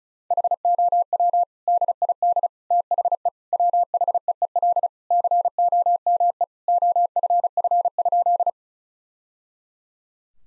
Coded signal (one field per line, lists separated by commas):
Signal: Morse code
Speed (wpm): 34 wpm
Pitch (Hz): 700 Hz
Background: none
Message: HOW DID THE WHEEL COME OFF?